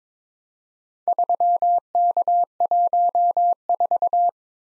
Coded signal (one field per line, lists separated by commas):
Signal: Morse code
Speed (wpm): 22 wpm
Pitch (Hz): 700 Hz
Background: none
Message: 3K14